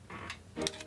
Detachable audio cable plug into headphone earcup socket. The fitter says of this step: it just clicks right in.